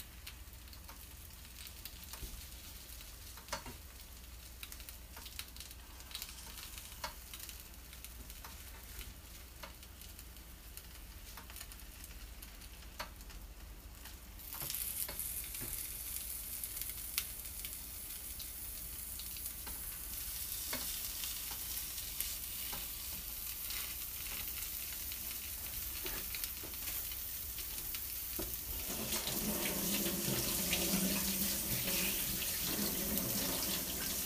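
Okonomiyaki cooking on a hot griddle. The first fourteen seconds are quiet apart from scattered ticks and a low steady hum, then a bright, dense sizzle bursts in and keeps building. Near the end it grows louder and fuller, crackling.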